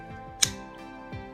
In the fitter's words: and yeah it's got a nice click to it as well